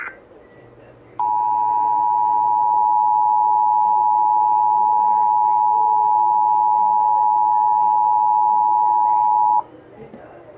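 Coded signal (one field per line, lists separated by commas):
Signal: Emergency Alert System (SAME) tones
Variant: 853 and 960 Hz attention tone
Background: speech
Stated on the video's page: Mock EAS alert.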